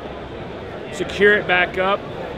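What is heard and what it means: Someone talks over a steady background hum, from about 1.0 to 2.0 seconds, while a removable plastic tackle box with side tabs is handled to go back into its Yak Tech Track Pack kayak track frame. Nothing has seated or clicked yet.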